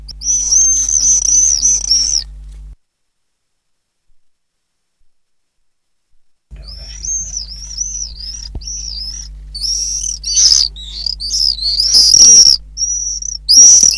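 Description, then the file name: Common swift screams, shrill wavering buzzy trills in bursts, a long silent gap, then several overlapping screams toward the end, over a steady low hum. "apus apus"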